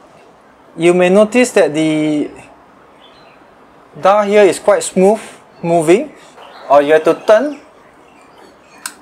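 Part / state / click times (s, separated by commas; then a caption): viewfinder metering coupling dial onto camera shutter speed dial / seated / 8.9 s. On a Nikon F2 film SLR with the prism viewfinder refitted, the metering head's coupling dial is turned until it re-engages with the shutter speed dial. Someone talks through most of the clip, and a single sharp metallic click at 8.9 s marks the dial clicking back into engagement.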